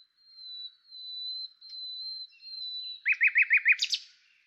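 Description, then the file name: Common nightingale song: long soft pure whistles held on one pitch, then a quick loud run of about six repeated downslurred notes. "Luscinia megarhynchos"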